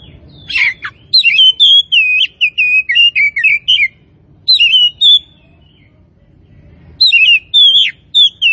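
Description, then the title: Oriental magpie-robin song: loud fluty whistles and twittering notes in fast runs, broken by a short silence before another burst. Singing actively (gacor); Tretes. "Kacer Tretes"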